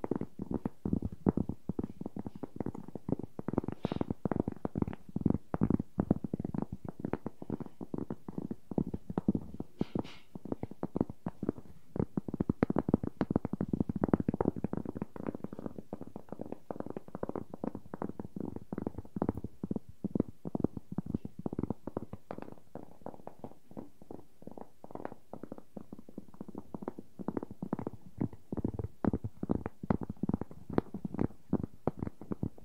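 Wooden objects tap and scratch in a dense, continuous stream of quick, irregular knocks, many per second, for the full half minute. The sound sits mostly low and woody, with occasional sharper, brighter clicks around 4 and 10 seconds, and slightly softer stretches near 23–26 seconds.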